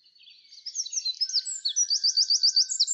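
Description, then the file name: Eurasian wren song, a quick run of piercing high notes building into a fast, evenly repeated trill. "Troglodytes troglodytes"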